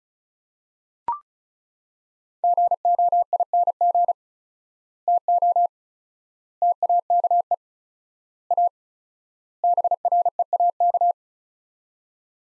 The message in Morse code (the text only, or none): GOING TO TAKE A BREAK